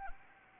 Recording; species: mosquito wingbeat signal from an infrared sensor; Anopheles arabiensis